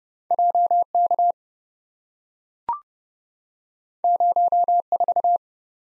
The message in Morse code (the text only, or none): JK 04